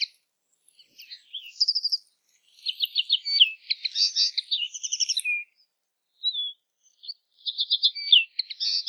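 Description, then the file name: Common linnet song of rapid twitters, short trills and a thin whistled note, flowing almost continuously with brief pauses. "kneu zang"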